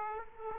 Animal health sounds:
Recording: mosquito wingbeat signal from an infrared sensor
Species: Aedes aegypti

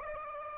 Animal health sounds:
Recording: mosquito wingbeat signal from an infrared sensor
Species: Aedes aegypti

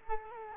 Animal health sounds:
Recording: mosquito wingbeat signal from an infrared sensor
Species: Culex quinquefasciatus

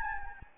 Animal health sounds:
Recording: mosquito wingbeat signal from an infrared sensor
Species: Anopheles gambiae

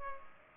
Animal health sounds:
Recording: mosquito wingbeat signal from an infrared sensor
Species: Culex pipiens

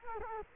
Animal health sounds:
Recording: mosquito wingbeat signal from an infrared sensor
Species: Culex quinquefasciatus

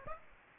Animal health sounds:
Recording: mosquito wingbeat signal from an infrared sensor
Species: Aedes aegypti

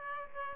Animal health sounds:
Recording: mosquito wingbeat signal from an infrared sensor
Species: Aedes aegypti

